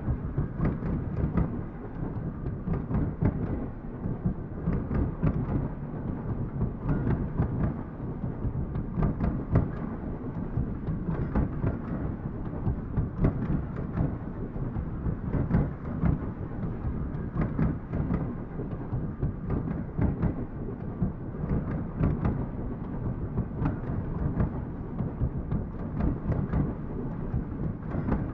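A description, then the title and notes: A train rumbles along steadily, its deep roar filling the low end for the whole stretch with no letup. Frequent short clacks and rattles break through the din at an irregular but constant pace, while the overall loudness stays nearly even throughout. Train Sounds.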